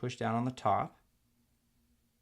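Someone talks while handling a plastic scissor hinge set into the quotes key well of a mid-2010 13" MacBook Pro 2.4 GHz keyboard (1278, MC374), about to push down on its top with a finger. The talking ends at about 1 second, followed by near silence. Nothing has seated or clicked yet.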